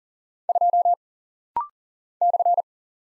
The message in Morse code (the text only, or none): 2 /